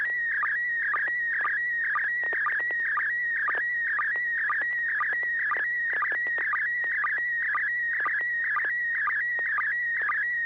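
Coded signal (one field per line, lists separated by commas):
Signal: SSTV (slow-scan television)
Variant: PD120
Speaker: this will be pd120 and I actually don't know what this is so we'll we'll figure it out together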